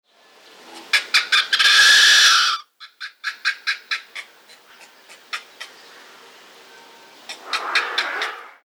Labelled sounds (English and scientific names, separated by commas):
Mandrill (Mandrillus sphinx)